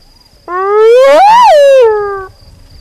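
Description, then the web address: Spotted hyena giving one long tonal whoop that climbs, peaks briefly, then drops and trails off on a level note. "earth naturelibrary assets s sp spotted hyena"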